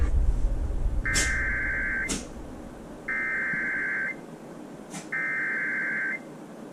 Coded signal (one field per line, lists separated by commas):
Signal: Emergency Alert System (SAME) tones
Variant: header bursts